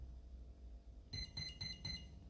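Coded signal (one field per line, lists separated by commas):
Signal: beep code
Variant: Skywalker ESC programming beeps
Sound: quiet hum, then four short evenly spaced electronic beeps around 2 kHz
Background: low motor hum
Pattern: 4 short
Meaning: Four beeps mark option four, linear reverse, in the menu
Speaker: then we need linear which is four beeps we listen for four beeps and we select that one by moving it up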